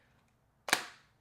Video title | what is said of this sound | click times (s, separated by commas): The BEST Clear Case for the iPhone 15 Pro Max?? - Phone Rebel Gen-5 Crystal | wow nice click onto the case itself right there as per usual that great fit from phone Rebel | 0.7 s